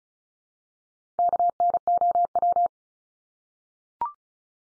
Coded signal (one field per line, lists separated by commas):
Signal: Morse code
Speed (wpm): 34 wpm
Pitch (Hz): 700 Hz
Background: none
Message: KNOW